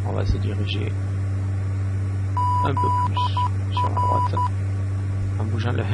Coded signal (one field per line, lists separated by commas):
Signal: Morse code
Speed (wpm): 12 wpm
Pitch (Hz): 990 Hz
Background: speech, radio noise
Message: ZR